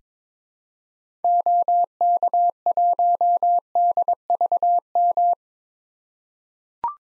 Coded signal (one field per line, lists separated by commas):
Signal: Morse code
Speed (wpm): 22 wpm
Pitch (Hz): 700 Hz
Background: none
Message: OK1DVM